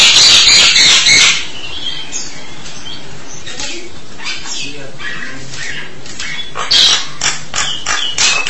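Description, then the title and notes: Starling song: a brief burst of high scratchy warbling, quiet scattered notes, then another short chattering burst near the end. "suara burung jalak"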